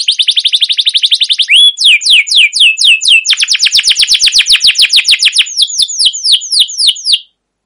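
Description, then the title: Canary song: a fast trill, a short rising note, slower swooping notes, another rapid roll, then a few slower swoops before it stops. Canary song with long rolling trills, used as a lure (pancingan) and training master recording for other canaries. "CUIT CUIT NGEROL LANGSUNG GACOR PANJANG Kenari Ini AMPUH Utk Pancingan KENAR. Masteran Suara Burung Kenari Gacor Panjang cuit cuit Ngerol untuk Pancingan Kenari!"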